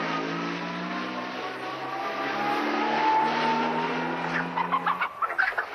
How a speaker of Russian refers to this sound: Подняв клубы пыли и напугав курицу, машина уезжает.